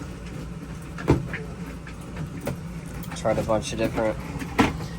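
A boiler's display panel is pushed by hand into its heating appliance cover several times, but its broken plastic latches won't let it lock. Sharp knocks sound at about 1.0, 1.3, 1.9 and 4.6 seconds, the loudest at 4.6, while someone talks. Nothing has clicked or seated: the panel still won't stay in place, though the cover remains sealed.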